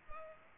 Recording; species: mosquito wingbeat signal from an infrared sensor; Culex pipiens